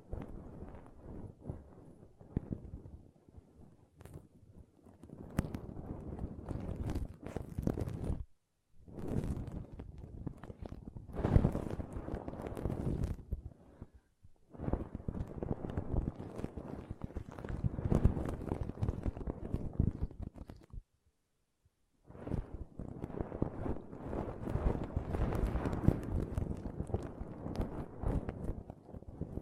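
Pom poms are squished and rubbed in dense, crackly rustling bursts, full from low thumps up to bright fizz. The rubbing comes in long stretches broken by short silences around 8, 14 and 21 seconds, with one quieter patch near 10 seconds.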